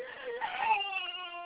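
Brief, tonal wavering cry of a six-month-old baby, heard in the background of a small room.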